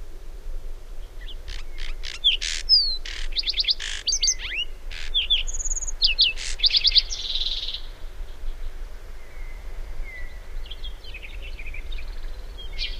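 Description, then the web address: Lark sparrow singing a varied phrase of dry clicks, rapid whistled notes and buzzy trills, followed by softer, scattered notes, with steady low background rumble. "Songs of Birds of North America Know Your Bird Sounds. Lark Sparrow"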